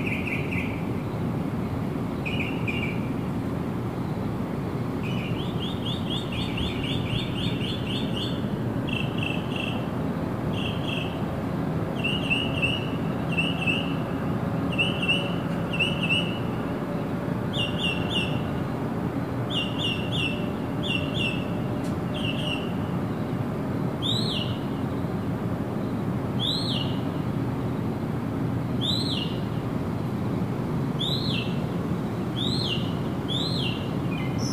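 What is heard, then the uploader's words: Birds call repeatedly over a steady, dense rush of falling water that fills the low and middle range throughout. Quick chirping trills repeat every second or two, joined after about twenty-four seconds by rising, whistled notes. The water roar never changes. Today we have calming rainforest, birds, and waterfall sounds.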